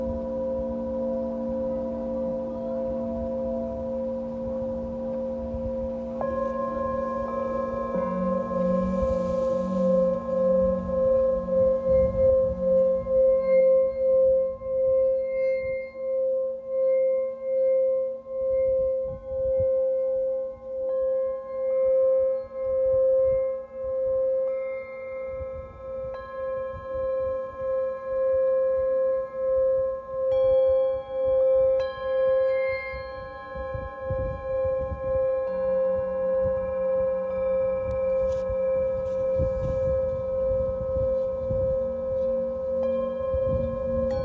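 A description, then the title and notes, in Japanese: Singing bowls ring in long, sustained tones, with a strong steady pitch in the middle register and several higher overtones layered above. The sound swells and pulses in slow, regular waves as bowls are struck or rubbed again around 6, 13 and 30 seconds, never fully fading. メキシコから シンギングボウルのサウンドヒーリング ライブ。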